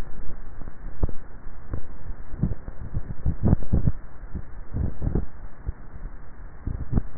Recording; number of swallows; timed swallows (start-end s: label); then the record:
swallowing sounds by neck microphone; 1
3.02-3.78 s: swallow
From the record:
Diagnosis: dysphagia